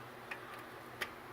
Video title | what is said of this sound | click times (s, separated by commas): 1994 Chevy Silverado Alternator swap and testing | is a regular pigtail one wire snaps | 1.0 s